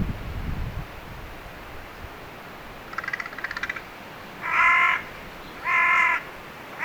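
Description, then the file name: Carrion crow calling with hoarse, drawn-out caws in steady succession, preceded by a brief rattling, clicking call; faint low rumble at the start. "Corvus corone"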